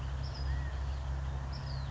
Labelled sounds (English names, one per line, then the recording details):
California Quail
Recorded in Sonoma County, California